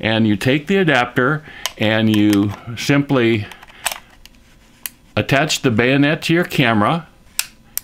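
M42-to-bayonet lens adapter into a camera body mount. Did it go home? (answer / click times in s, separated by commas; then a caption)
yes / 7.8 s. An M42-to-bayonet lens adapter is twisted onto a camera body mount while someone talks, with small handling clicks and taps from about 3.7 to 4.9 s. At 7.8 s the adapter's bayonet clicks into the mount as the locking lever engages, seating it in place.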